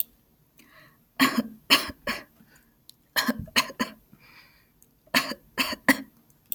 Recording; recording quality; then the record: shallow voluntary cough; excellent, no background noise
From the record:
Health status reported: healthy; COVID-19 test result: not tested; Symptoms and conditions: none ticked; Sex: female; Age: 29 years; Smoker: not ticked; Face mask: not worn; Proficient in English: yes